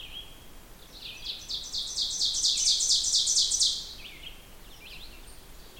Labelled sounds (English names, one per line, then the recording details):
Ovenbird song
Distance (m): 15 m
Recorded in boreal forest in Alberta, Canada, on 16 June 2016 at 08:03
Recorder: SongMeter 3, array SBT-3-32
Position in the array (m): 144 m, 26 m
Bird 36